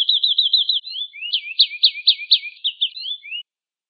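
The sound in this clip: Atlantic canary song: a quick looping warble, then slower pulsed rising notes and twittered phrases before falling silent.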